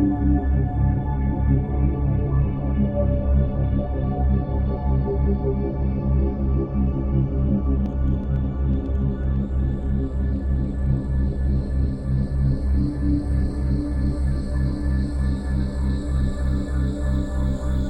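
A full-spectrum binaural drone built on a low C#, a dense steady stack of deep hum tones with a slow, gentle beating throughout. The level stays even; after about eight seconds faint high whistling tones rise and glide upward above the drone.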